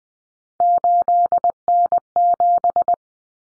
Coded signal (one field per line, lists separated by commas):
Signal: Morse code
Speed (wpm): 20 wpm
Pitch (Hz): 700 Hz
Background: none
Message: 8N7